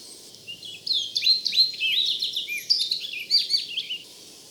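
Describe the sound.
Orchard oriole song, a rapid jumble of whistled and slurred notes tumbling up and down over several seconds, with faint low background hiss.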